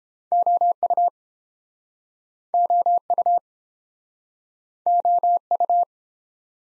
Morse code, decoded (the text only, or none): OU OU OU